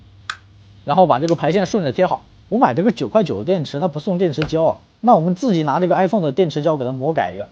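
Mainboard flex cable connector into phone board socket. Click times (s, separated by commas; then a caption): 0.3 s. While reassembling a Xiaomi Mi 6 phone, after the fingerprint flex cable goes on, the mainboard flex cable connector is pressed onto its socket on the phone board. It seats with a single sharp snap at 0.3 s. Someone then talks for the rest of the clip.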